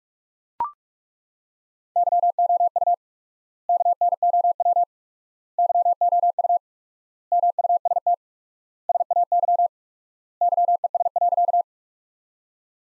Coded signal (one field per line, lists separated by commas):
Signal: Morse code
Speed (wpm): 42 wpm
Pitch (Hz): 700 Hz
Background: none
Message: YOU KNOW YOU MUST SAY YES.